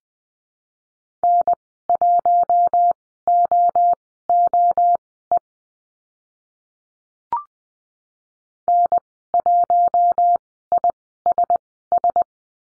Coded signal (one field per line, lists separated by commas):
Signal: Morse code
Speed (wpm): 19 wpm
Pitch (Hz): 700 Hz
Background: none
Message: N1OOE N1ISS